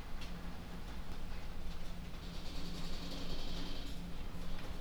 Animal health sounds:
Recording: poultry house recording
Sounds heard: no chicken sound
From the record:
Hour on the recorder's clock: 21

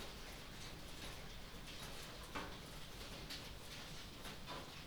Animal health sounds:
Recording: poultry house recording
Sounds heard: no chicken sound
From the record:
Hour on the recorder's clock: 0

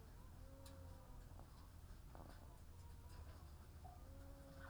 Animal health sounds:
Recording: poultry house recording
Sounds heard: sick chickens (respiratory disease)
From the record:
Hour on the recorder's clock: 15

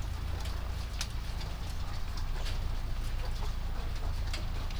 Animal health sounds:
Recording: poultry house recording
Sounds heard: sick chickens (respiratory disease)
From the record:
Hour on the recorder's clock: 22

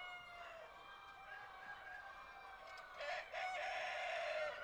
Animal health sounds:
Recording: poultry house recording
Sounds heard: healthy chickens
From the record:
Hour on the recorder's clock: 15

